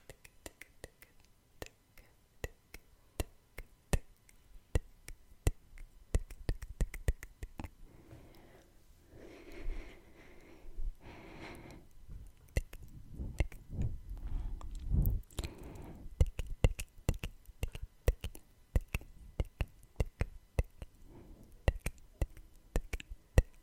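Wet tongue clicks and kissing smacks fire off sharply throughout, sometimes in quick bursts, sometimes spaced apart. Soft breathy and rubbing sounds swell in the middle stretch, around ten and fifteen seconds, like skin being touched. Between the clicks it stays mostly quiet.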